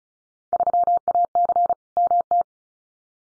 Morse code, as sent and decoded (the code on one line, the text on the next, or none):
...-- .- -.-. / -- -
3AC MT